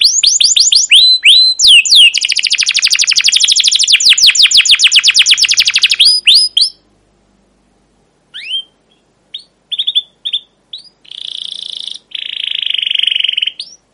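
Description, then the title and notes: Canary song opening with a long, fast run of chirps lasting about six seconds, then a pause, scattered upswept notes and two buzzy rolling trills. Long, energetic chirping song of a captive canary, used as a lure and tutor recording for training canaries. "CUIT CUIT NGEROL LANGSUNG GACOR PANJANG Kenari. Kenari GACOR PANJANG Cuit CUIT EMOSI. burung kenari"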